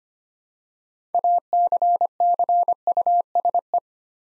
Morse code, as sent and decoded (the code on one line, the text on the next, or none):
.- -.-. -.-. ..- ... .
ACCUSE